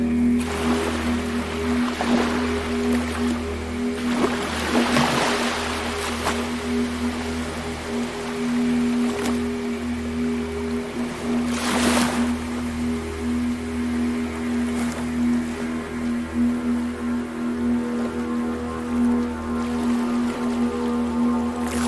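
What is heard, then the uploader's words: A steady, low ambient music drone holds several sustained tones throughout, with a deep hum underneath. Waves wash in over it as soft hissing surges, most noticeably around 2, 5 and 12 seconds, with quieter splashes scattered between. A Blend of Beach Sounds and Mysterious Ambient Music.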